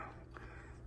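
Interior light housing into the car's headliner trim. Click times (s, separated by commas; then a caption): 0.4 s. A Lasfit LED interior light housing is pushed up into the plastic headliner trim opening of a 2019-2021 Honda Accord Sport until its clips snap in. A single sharp snap is heard at 0.4 s over a low steady background. The snap means the housing is seated, secure and back in place.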